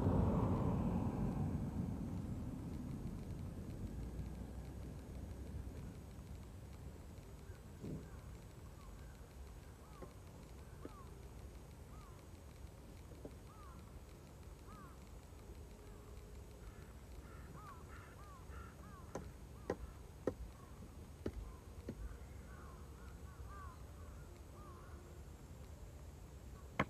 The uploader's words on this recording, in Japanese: 機械音あり バインダーで稲刈り、ハザ掛け。